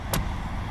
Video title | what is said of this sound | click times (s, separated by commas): 2015 Honda Odyssey EXL POV Review | locks in place. | 0.1 s